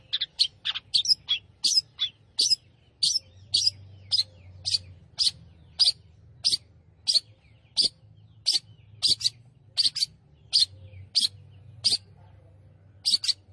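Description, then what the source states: Long-tailed shrike singing a run of sharp, high chirps, dense at first, then more spaced out, over a low hum. Singing lively (gacor).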